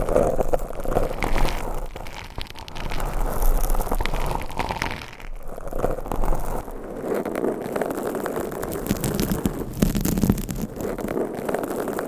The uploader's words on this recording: Binaural Mic Scratching. Brain Scratching with 10 Mics.